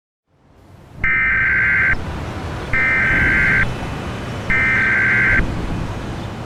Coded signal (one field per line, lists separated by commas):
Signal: Emergency Alert System (SAME) tones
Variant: header bursts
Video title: EAS Scenario #34: The Godzilla Getdown